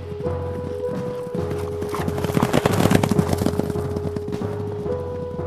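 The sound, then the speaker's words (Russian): Horses carrying riders gallop off, leaving the town of Chantilly, in a rapid, clattering rush of hoofbeats that swells to a dense peak midway and then gradually thins out, over a steady low tonal hum. “Друзья вскочили на лошадей и быстро покинули негостеприимный городок Шантильи.”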